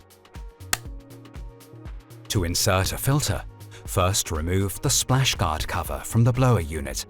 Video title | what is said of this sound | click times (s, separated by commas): Modo de empleo: Dräger X-plore 8500 y 8700 | Now place the battery into the battery compartment and fold it in until it clicks into place. | 0.7 s